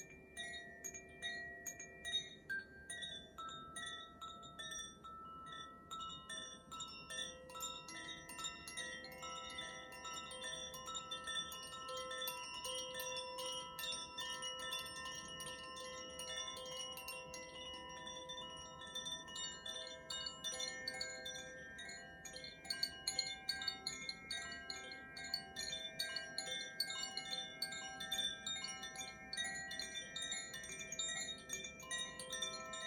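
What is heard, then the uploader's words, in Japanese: Tuned wind chimes of the earth and fire elements ring out in overlapping strikes, their clear tones layering into a shimmering wash that sustains throughout. Strikes come frequently and irregularly, growing denser and a little louder after about twenty seconds, over a faint low rumble. 大寒にチャイムを奏でました。土と火のエレメントのコシチャイムとザフィアチャイムを奏でました。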